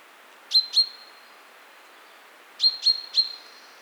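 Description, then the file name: Common chaffinch giving short, sharp high notes with a clipped start, one pair and then a quick group of three about two seconds later. "Fringilla coelebs"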